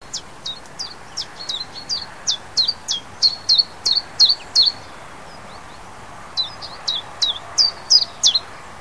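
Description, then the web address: Bird song: high, sharp, downslurred notes repeated rapidly in a long series, a short gap, then a second series, over a soft, steady background hiss. Native bird recorded in March in a hedge habitat. "oeko hecke vogel maerz vogel heimisch"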